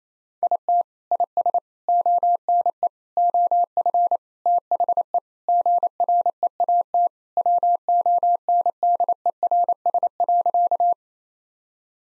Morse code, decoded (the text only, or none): IT IS ONE OF THE GREAT WONDERS.